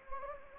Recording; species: mosquito wingbeat signal from an infrared sensor; Anopheles gambiae